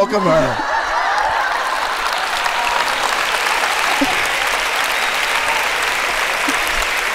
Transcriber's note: applause